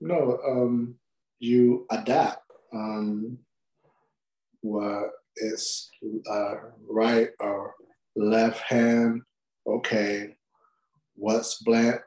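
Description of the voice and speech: An adult man with a weaker side after stroke speaks in short, broken phrases separated by long pauses, with drawn-out vowels and an effortful, halting delivery. This fragmented, non-fluent speech fits aphasia after stroke, where word retrieval and sentence building are impaired.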